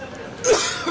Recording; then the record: coughing mixed with background sound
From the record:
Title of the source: Dry Coughing Fit in the Afternoon.